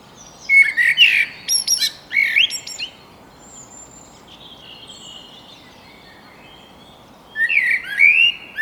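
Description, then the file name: Common blackbird singing rich whistled phrases with squeaky high endings, then a long quiet stretch with faint bird notes before another phrase begins. "Turdus merula"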